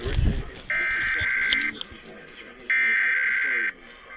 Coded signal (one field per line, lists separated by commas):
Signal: Emergency Alert System (SAME) tones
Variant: header bursts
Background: speech